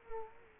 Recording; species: mosquito wingbeat signal from an infrared sensor; Culex quinquefasciatus